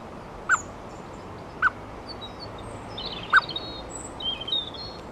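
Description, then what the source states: Eurasian blackbird uttering three short, low clucks at uneven intervals, with other small birds twittering faintly and high-pitched near the end. Female.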